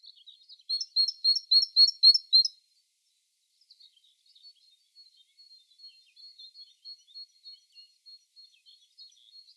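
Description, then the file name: Great tit calling, a quick run of high, sharp notes building in strength, followed by softer rapid ticking that continues to the end. "Parus major"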